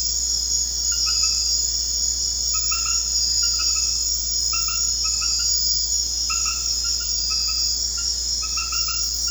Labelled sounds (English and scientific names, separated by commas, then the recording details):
none
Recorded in secondary vegetation near Puerto Asís, Putumayo, Colombia, on 9 March 2025 at 22:30
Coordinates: 0.484, -76.319
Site G010